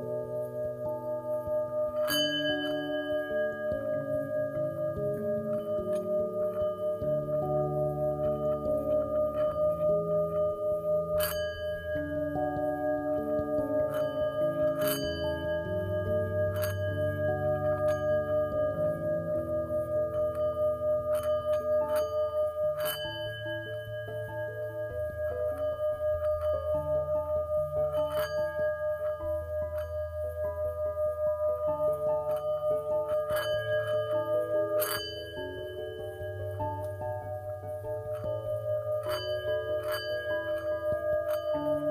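A Tibetan singing bowl rings with a steady, sustained mid tone and bright overtones that hang throughout. Sharp strikes land every few seconds, each adding a clear ping on top, while a low, shifting hum drifts underneath the whole time.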